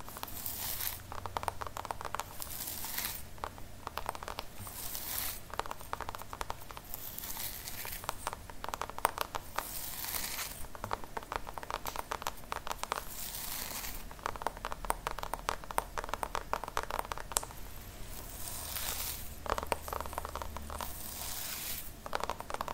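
Scalp massage with scratching and brushing: dense, crackly strokes in bright, hissy bursts that swell and fade every few seconds. The texture is busy and continuous, with quick scratchy ticks throughout and a faint low hum underneath, stronger near the start and end.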